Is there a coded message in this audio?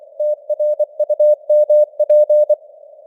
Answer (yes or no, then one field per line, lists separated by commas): yes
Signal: Morse code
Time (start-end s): 0.2-2.5 s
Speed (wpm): 24 wpm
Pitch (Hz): 600 Hz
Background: none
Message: TRUMP